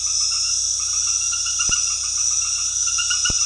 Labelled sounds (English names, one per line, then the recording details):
none
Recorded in dense forest near Puerto Asís, Putumayo, Colombia, on 20 February 2024 at 20:00
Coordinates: 0.485, -76.322
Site G6406